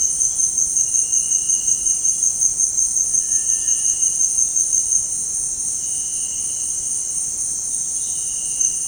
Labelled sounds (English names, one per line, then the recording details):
Cinereous Tinamou
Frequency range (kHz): Cinereous Tinamou 1.3-2.4 kHz
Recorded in dense forest near Puerto Asís, Putumayo, Colombia, on 22 June 2025 at 18:00
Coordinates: 0.486, -76.317
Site G065